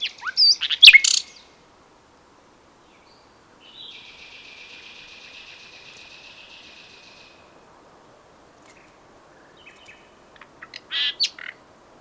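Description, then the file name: Common nightingale song: a loud sharp opening phrase, a soft buzzy drawn-out note in the middle, then a short burst of rich notes near the end. "Luscinia megarhynchos"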